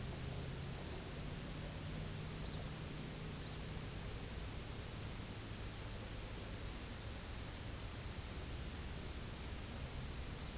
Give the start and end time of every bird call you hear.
[0.15, 0.38] Phalaropus fulicarius
[1.13, 1.39] Phalaropus fulicarius
[2.31, 2.66] Phalaropus fulicarius
[3.36, 3.61] Phalaropus fulicarius
[4.25, 4.51] Phalaropus fulicarius
[5.58, 5.82] Phalaropus fulicarius
[8.40, 8.61] Phalaropus fulicarius
[10.28, 10.55] Phalaropus fulicarius

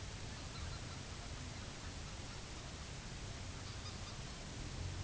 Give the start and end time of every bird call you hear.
[0.19, 1.11] Anser albifrons
[1.48, 2.45] Anser albifrons
[3.44, 4.36] Anser albifrons

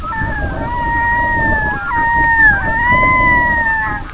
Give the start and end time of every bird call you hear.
[0.01, 4.12] Gavia stellata

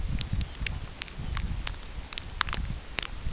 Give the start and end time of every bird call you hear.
[0.23, 1.35] Calcarius lapponicus

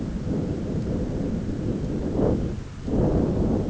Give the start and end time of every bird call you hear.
[1.53, 3.12] Calidris alpina

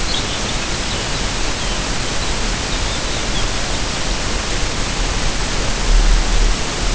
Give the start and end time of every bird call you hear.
[0.00, 3.96] Calcarius lapponicus

